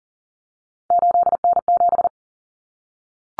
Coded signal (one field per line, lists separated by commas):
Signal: Morse code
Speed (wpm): 40 wpm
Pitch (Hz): 700 Hz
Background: none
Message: 8N7